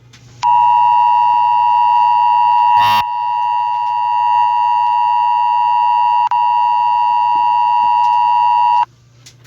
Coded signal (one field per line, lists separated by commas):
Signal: Emergency Alert System (SAME) tones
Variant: 853 and 960 Hz attention tone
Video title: zombie eas broadcast system civil warning